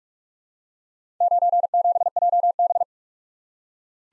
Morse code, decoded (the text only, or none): 97JB